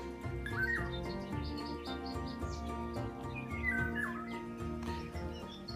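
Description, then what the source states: Golden oriole song, fluty rising and falling whistled phrases repeated twice, heard over steady background music. Played on air; song evokes riverside woods, tree shade and green spring forest.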